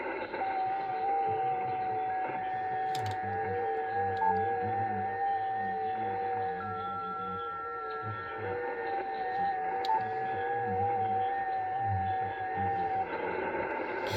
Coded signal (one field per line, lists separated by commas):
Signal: FT8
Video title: 40m ham radio is good into spain tonight